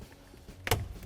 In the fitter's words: Get that snapped back in.